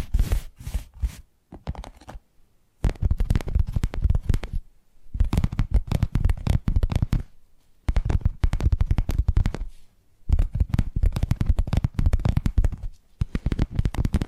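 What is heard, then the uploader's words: Bursts of quick tapping come in rapid runs of dense, crisp clicks with a soft low thud beneath. Each run lasts one to three seconds, separated by short silent gaps, roughly every few seconds throughout. Nothing else is heard between the bursts. ASMR 10 Addictive Tapping Triggers. (No Talking).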